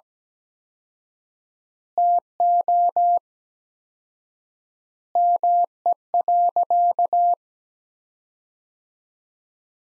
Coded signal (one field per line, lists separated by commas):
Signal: Morse code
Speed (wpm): 17 wpm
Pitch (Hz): 700 Hz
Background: none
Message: TO ME.